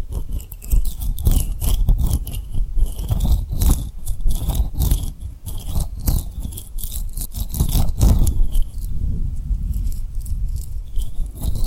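Tapping and rubbing on a rhinestone-covered surface, with dense, quick scratchy strokes and crisp clicks packed throughout. A wavering high whistle-like tone rises and falls during the first eight seconds, while the brushing texture continues steadily to the end.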